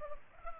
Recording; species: mosquito wingbeat signal from an infrared sensor; Culex pipiens